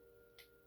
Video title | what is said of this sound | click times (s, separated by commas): Part of a Hord that hordes: Junk-Heap: TG StuidoSeries86: Blindformers 102 | hey snap into place snap there it goes that's a fun snap too I love that snap | 0.4 s